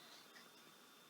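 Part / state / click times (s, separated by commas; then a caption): micro SD card into camera card slot / not seated / none. A micro SD card is pushed into the card slot of an Obsbot Tail AI camera with a tool, used because there are no fingernails to push it. Only a steady, faint hiss with a thin high whine can be heard, and no sharp sound stands out. Nothing has seated or clicked yet.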